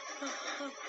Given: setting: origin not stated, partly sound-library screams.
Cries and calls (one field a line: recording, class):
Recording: one-second piece from a danger detection set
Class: woman in danger